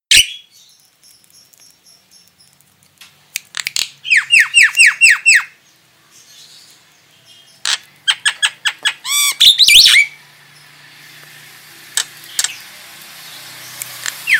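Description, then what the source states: Starling calls in two bursts of squeaky, harmonic, down-swept notes, with sharp clicks between. Female.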